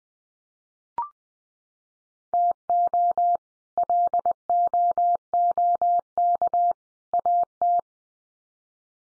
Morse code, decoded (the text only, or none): TO LOOK AT